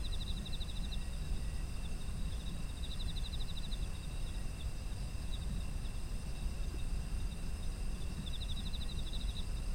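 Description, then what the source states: Insects calling: fast high pulsed chirps at the start, around three seconds and near the end, under steady ringing insect tones and low rumble. Autumn insect ambience.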